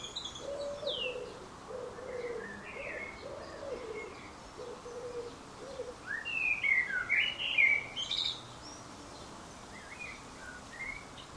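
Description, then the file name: Common blackbird singing one fluted warbling phrase with a squeaky ending, after a run of low repeated hooting notes from another bird. "Turdus merula"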